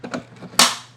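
The juicing chamber of an AOBOSI AMR 520 slow masticating juicer is set into its grooves on the motor base and twisted. A few soft scraping knocks come first, then a sharp, bright click at 0.6 s that fades out over the next few tenths of a second as the chamber locks into place.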